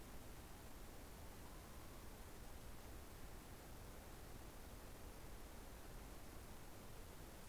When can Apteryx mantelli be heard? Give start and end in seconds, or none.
none